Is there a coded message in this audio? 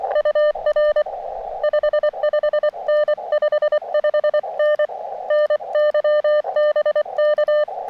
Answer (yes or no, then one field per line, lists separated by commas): yes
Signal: Morse code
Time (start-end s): 0.2-7.6 s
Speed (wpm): 24 wpm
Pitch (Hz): 600 Hz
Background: none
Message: UR 55N 55N NY BK